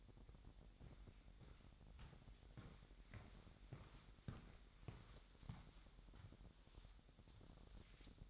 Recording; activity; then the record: daily activity, microphone in the room; walk to room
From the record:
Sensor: 3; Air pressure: 1012.2 hPa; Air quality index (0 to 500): 165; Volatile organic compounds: 2 ppm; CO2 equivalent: 1253 ppm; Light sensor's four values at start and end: 133/315/130/119 and 115/260/109/101